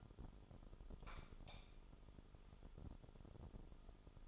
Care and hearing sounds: daily activity, microphone in the room; light on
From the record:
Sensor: 5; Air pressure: 988.6 hPa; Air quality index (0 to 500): 216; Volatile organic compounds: 114 ppm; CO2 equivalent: 3839 ppm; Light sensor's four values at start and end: 43/130/51/54 and 45/136/53/56

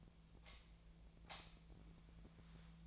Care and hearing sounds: daily activity, microphone in the room; light off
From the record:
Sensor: 1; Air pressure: 1009.8 hPa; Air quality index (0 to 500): 189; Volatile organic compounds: 17 ppm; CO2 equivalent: 2598 ppm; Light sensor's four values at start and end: 46/133/55/62 and 35/90/37/45

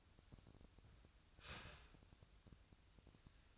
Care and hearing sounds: daily activity, microphone in the room; start toaster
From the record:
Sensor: 2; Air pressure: 1001.7 hPa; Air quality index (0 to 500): 244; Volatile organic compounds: 36 ppm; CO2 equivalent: 3077 ppm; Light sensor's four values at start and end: 10/31/12/12 and 10/31/12/12

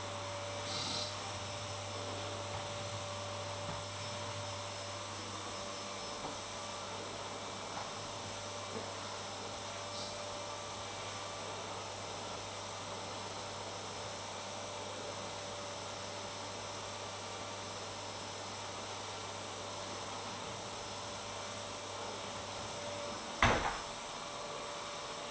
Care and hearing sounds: daily activity, microphone in the room; vacuum cleaning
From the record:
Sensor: 3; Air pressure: 1007.7 hPa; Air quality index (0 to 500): 49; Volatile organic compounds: 1 ppm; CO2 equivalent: 576 ppm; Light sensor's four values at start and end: 9/22/9/8 and 9/21/8/8

